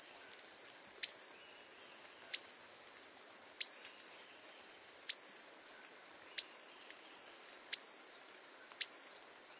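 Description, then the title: Scale-throated hermit giving a series of very high, thin notes: a short squeak then a longer downward-sliding note, repeated many times. Nominate subspecies Phaethornis eurynome eurynome. "LuckyPassaro Completos2Sama. Scale-throated Hermit (Phaethornis eurynome eurynome)"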